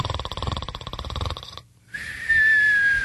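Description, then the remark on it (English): A voice imitates a woman snoring: a rapid, rattling buzz for over a second, a brief silence, then a loud, high, thin whistling wheeze like an exaggerated exhale. “She was snoring, snoring.”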